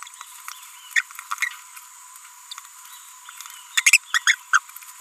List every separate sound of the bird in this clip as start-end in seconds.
2.51-2.53, 3.77-3.82, 3.86-3.92, 4.14-4.19, 4.27-4.35, 4.53-4.59